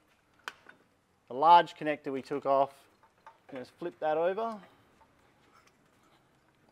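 A plastic wiring harness retaining clip is pushed back into its mounting hole on the fuel filter bracket and pops into place, giving a sharp click at 0.5 s followed by a softer tick. Someone then talks, and a faint tick follows near the end.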